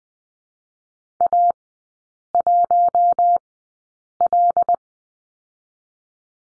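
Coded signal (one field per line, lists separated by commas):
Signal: Morse code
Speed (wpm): 20 wpm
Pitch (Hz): 700 Hz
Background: none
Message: A 1 L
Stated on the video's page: Morse code course lesson on the letter L, three characters, sent at a Farnsworth speed of 20/10 wpm.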